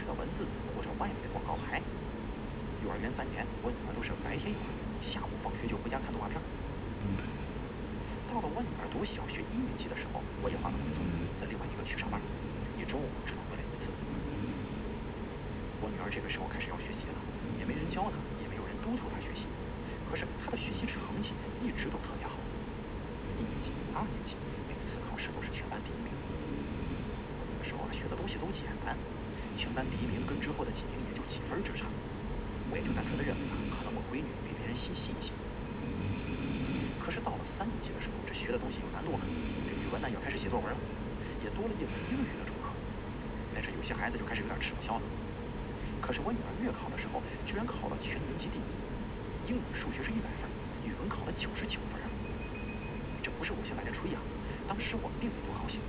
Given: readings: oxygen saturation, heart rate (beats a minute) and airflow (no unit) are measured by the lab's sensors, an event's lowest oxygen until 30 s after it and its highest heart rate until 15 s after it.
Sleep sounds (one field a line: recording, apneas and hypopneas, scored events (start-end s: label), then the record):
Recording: breathing in sleep by a voice recorder at the bedside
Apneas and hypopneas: 1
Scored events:
3.00-33.00 s: new sleep stage, N2 (light sleep)
14.00-39.20 s: hypopnea (N2, oxygen 95% highest, then 92% lowest)
33.00-55.89 s: new sleep stage, N1 (lightest sleep)
From the record:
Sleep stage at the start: N1 (lightest sleep)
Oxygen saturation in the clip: 92 to 95%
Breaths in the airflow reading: 18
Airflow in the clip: -2.4 to 4.3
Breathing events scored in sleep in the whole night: 335 in 6.7 hours asleep